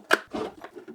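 A camera module is handled against the plastic housing of a Vakiav smart bird feeder, with a sharp tick near the start followed by softer rustling and light tapping. Nothing has seated or clicked into place yet.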